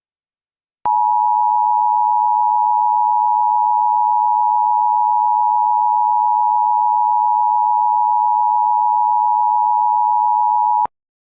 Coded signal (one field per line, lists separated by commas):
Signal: Emergency Alert System (SAME) tones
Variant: 853 and 960 Hz attention tone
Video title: Creatures of the blood moon (EAS and also your Halloween video)